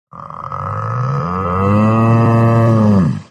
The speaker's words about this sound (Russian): Вторил мне бык, призванный щитом пастуха.